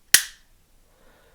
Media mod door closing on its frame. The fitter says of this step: and once it snaps into place, you know it's locked.